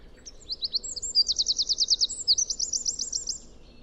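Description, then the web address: Bird singing a high trilled phrase of several linked segments of rapid repeated notes. "cianscape birddata Deverinetal 2025 File origin Bird Only"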